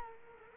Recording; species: mosquito wingbeat signal from an infrared sensor; Culex quinquefasciatus